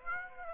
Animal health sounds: mosquito wingbeat signal from an infrared sensor; Aedes aegypti

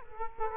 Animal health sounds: mosquito wingbeat signal from an infrared sensor; Culex quinquefasciatus

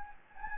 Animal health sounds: mosquito wingbeat signal from an infrared sensor; Anopheles gambiae

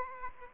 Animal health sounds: mosquito wingbeat signal from an infrared sensor; Aedes aegypti

